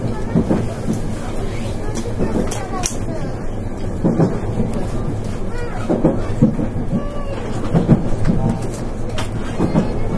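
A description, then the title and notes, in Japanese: A Nankai 8300 series train runs on an airport express service, with a steady low rumble and a constant hum underneath. Short knocks and rattles break through every second or so, and faint voices seem to mingle with the noise. 南海電気鉄道 8300系電車の走行音です。南海戦の空港急行にて収録しました。区間は、難波からりんくうタウンまでです。南海8300系 空港急行 難波からりんくうタウンまで。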